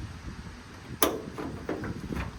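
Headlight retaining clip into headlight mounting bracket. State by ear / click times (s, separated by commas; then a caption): seated / 1.0 s. A bent headlight retaining clip on a square-body Chevy/GMC C/K 10-20-30 (C30) truck, straightened after fighting the install, is fed back through its hole and pushed into the headlight mounting bracket. A sharp click at 1.0 s shows it seating in place, followed by a few softer knocks and rustles. The clip is confirmed seated.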